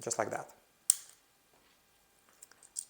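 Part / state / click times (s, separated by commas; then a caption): antenna MMCX connector into drone avionics module / seated / 0.9 s. A 5G antenna's small MMCX coaxial connector is pushed gently into a drone avionics module. Someone talks briefly, then a sharp click at 0.9 s shows the connector has seated, followed by a few faint ticks near the end.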